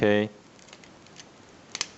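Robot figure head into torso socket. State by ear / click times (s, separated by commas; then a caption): seated / 1.8 s. Someone talks briefly, then after a quiet stretch of faint ticks the die-cast and plastic head of a Bandai Soul of Chogokin GX-68 GaoGaiGar robot figure is pushed back into its torso socket. A sharp double click at 1.8 seconds marks the head locking into place.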